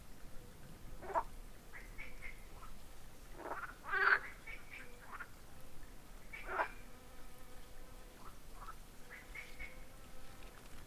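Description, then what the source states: Frogs calling: scattered rasping croaks, a louder burst near the middle, and some drawn-out tonal, nasal notes between them, over a quiet low hum. Frogs recorded at Kalamos.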